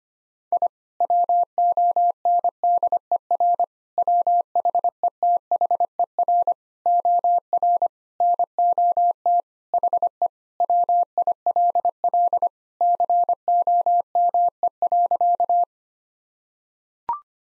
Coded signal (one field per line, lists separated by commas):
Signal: Morse code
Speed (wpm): 25 wpm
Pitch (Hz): 700 Hz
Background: none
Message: I WONDER WHETHER OR NOT HE WILL COME.